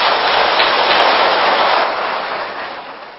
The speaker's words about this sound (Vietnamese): Xin quý vị cho một tràng pháo tay thật lớn.